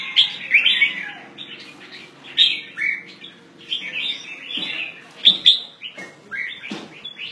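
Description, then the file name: Red-whiskered bulbul calls: lively, liquid chirping phrases repeated in quick clusters, with sharp clicks and a steady faint hum underneath. "Pycnonotus jocosus"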